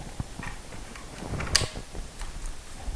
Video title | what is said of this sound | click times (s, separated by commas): Bissell Crosswave Complete Product Review - Unboxing, Setup & Performance | is to just pop the handle in there clicks | 1.6 s